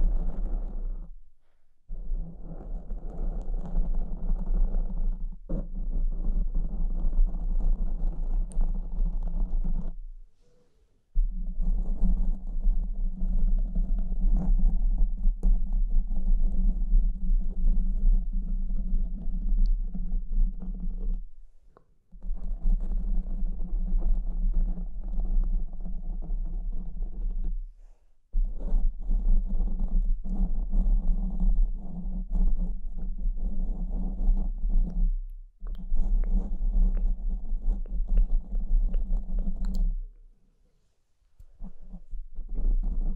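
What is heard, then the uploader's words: Pinching and scratching in a steady, low, rumbling rub with a constant deep hum underneath and little brightness. The sound runs in long stretches broken by brief silent gaps, near 2, 5, 11, 22, 28, 35 and 41 seconds, each resuming at similar strength. BRAIN TINGLES PINCHING SCRATCHING FOR SLEEP and RELAXATION ASMR.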